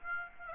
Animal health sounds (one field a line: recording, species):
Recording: mosquito wingbeat signal from an infrared sensor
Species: Aedes aegypti